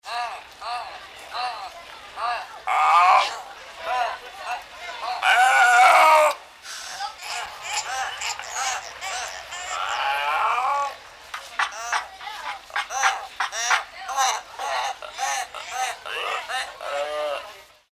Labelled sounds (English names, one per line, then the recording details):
Gelada
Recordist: Tembrock, Günter
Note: Rufe beim Sozialkontakt